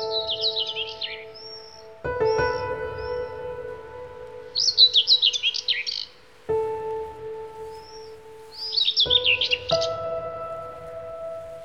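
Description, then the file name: Bird song in three quick, twittering phrases with thin whistled notes between them, backed by gentle sustained music. "Bird Song Group - Chirping"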